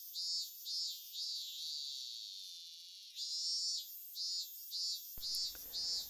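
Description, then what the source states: Cicada song, a shrill buzzing of pulsed phrases about twice a second, briefly holding a steady drone. Song typical of the start of summer in Japan; many foreigners who come to Japan dislike the sound, though it is described as relaxing.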